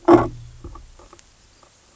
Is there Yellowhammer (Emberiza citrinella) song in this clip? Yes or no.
no